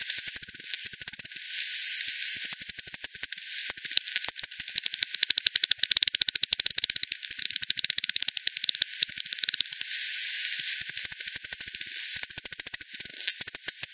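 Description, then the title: Bat echolocation calls, a long dense clatter of rapid clicks from several bats, with short lulls where the ticking thins before surging again. Multiple bats at Hogsmill River, Hogsmill Lane, 7 October 2020, 18:10 UTC; recorded via frequency division by ten, bandpass filtered, resampled. "bat 20201007 T 18 : 10 Z-Hogsmill-Lane-Hogsmill-River-multiple-bats"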